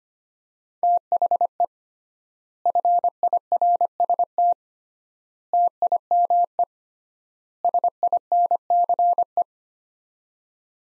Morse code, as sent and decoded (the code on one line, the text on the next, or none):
- .... . / ..-. .. .-. ... - / - .. -- . / ... .. -. -.-. .
THE FIRST TIME SINCE